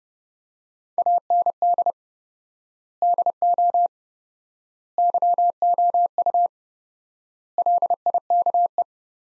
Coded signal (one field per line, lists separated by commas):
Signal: Morse code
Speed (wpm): 30 wpm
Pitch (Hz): 700 Hz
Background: none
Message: AND DO YOU LIKE